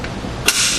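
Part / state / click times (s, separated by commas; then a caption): bike rack tilt latch on hitch mount / seated / 0.5 s. A RockyMounts MonoRail Solo 2-bike platform rack on the hitch of a 2018 Subaru Outback Wagon is lifted from its tilted position back upright. A sharp latch click is heard at 0.5 s, followed by a broad hiss, as the tilt latch on the hitch mount engages and the rack locks upright.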